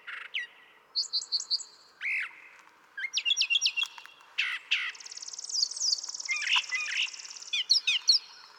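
Brown thrasher song: repeated chip groups, whistled slurs and a long high buzzy trill, phrases varied and tumbling quickly along.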